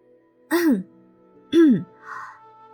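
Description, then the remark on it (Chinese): Two short, voiced throat clears about a second apart, each with a brief rise and fall in pitch, followed by a softer breathy sound trailing off; the character Duanmu Cui clearing the throat in a Chinese audiobook reading. “于是他清了清嗓子，抬起头来勇敢地看着展昭。”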